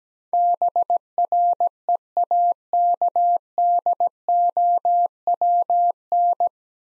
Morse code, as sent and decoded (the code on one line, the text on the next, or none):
-... .-. . .- -.- -.. --- .-- -.
BREAKDOWN